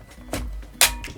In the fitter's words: with a click